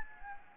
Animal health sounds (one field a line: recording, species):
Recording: mosquito wingbeat signal from an infrared sensor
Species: Anopheles gambiae